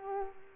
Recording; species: mosquito wingbeat signal from an infrared sensor; Culex quinquefasciatus